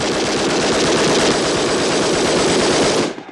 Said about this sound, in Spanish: ¡Son disparos! ¡Ven! ¡Te cubro con mis enaguas! ¡Estamos en medio de una protesta popular! ¡Ay! ¡Frente al Palacio de Invierno!